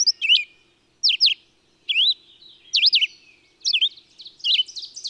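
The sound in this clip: Bird song: short, sharp whistled notes sweeping down and up, mostly in quick pairs, repeated several times with brief pauses between.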